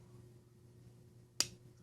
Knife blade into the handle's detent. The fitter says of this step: Nice click. No detent lash is in there really well.